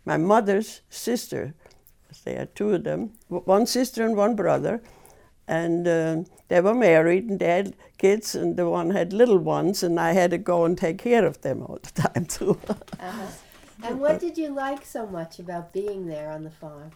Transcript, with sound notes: My Mother's sisters were there, two of them one sister and one brother, and they were married and they had kids and the one had little ones and I had to go and take care of them all the time. (laugh)
Ah ha, and what did you like so much about being there on the farm?